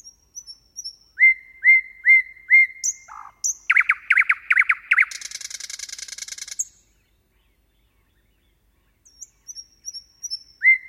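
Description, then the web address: Common nightingale singing varied phrases: thin high notes, repeated upslurred whistles, a series of loud harsh notes, then a dry buzzy trill, a pause, and more thin high whistles. "Nattergal"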